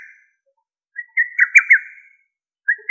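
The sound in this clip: Lesser cuckoo calling with a short burst of quick staccato notes, with brief isolated notes before and after in an otherwise quiet background.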